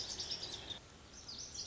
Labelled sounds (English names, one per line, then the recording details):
Lazuli Bunting
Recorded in Sonoma County, California